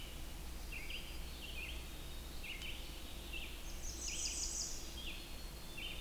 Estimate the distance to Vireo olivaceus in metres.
about 80 m